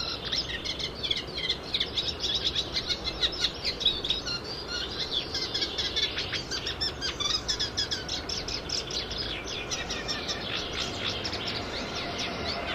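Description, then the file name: Eurasian reed warbler song: churring, grating notes delivered in a fast continuous stream, against faint background noise. Recorded at Lyngs. "Roersanger Lyngs"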